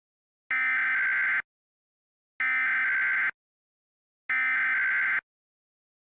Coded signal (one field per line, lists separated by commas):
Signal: Emergency Alert System (SAME) tones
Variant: header bursts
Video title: EAS Mock: April Fools Tsunami ￼ @RaphaEAS #MockMasterChallenge